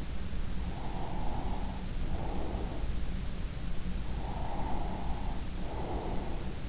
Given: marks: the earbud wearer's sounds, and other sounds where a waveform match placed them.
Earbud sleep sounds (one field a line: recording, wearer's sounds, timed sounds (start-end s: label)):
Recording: sounds in sleep by an in-ear microphone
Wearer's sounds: breath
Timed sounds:
0.63-2.91 s: breath
4.09-6.60 s: breath